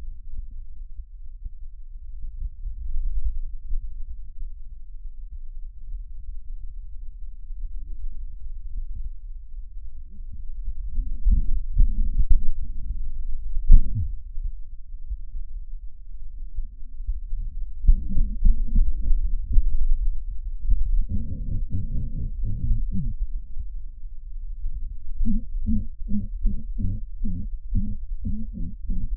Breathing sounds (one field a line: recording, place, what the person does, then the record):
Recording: lung sounds by stethoscope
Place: right posterior apical chest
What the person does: quiet breathing, then cough and speech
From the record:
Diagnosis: pulmonary infection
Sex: male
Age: 74 years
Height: 171 cm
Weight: 80 kg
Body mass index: 27.4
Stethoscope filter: bell mode